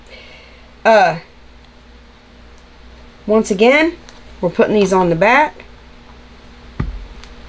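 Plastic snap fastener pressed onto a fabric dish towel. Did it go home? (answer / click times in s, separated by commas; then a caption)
yes / 6.8 s, 7.2 s. Someone talks while a plastic snap fastener is pressed with a hand snap press through the back of a cotton dish towel. Sharp pops sound at 6.8 s and 7.2 s as the cap and socket lock together, and the snap is seated.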